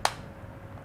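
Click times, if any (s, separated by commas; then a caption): 0.1 s. A thumb pushes the slide or cover of a dry powder inhaler down until the mechanism clicks into place. A single sharp, snap-like click is heard at 0.1 s, followed by a faint low background hum. The inhaler is seated and ready.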